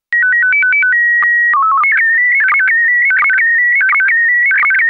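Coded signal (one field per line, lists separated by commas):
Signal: SSTV (slow-scan television)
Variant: PD 90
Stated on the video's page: SSTV image in PD90 mode.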